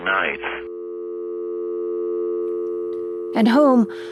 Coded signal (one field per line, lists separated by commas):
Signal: telephone call progress tone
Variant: North America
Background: speech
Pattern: dial tone